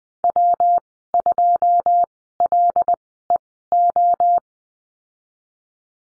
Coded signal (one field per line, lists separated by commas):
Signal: Morse code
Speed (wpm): 21 wpm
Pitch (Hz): 700 Hz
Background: none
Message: W2LEO